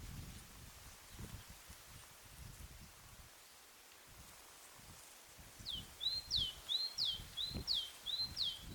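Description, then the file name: Great tit song: quiet at first, then from about six seconds a bright, high two-note phrase repeated several times, over low rumbling background noise. "Parus major"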